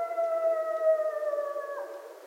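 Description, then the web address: Coyote howl: a single smooth, steady tone sliding gently downward over two seconds, with a small break near the end. Recorded 25 January 2013. "sounds mammals Coyote 2013 01 25 Coyotes 01"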